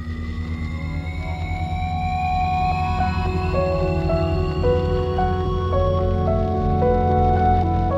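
Steady, even rain falls in Manchester, England, as a continuous hiss, with sustained musical tones and slowly shifting notes layered over it, no voices present.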